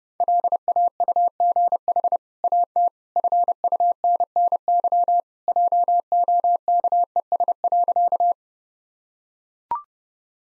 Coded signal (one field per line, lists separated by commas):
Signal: Morse code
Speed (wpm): 32 wpm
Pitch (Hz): 700 Hz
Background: none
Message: LAUGH AT FUNNY JOKES.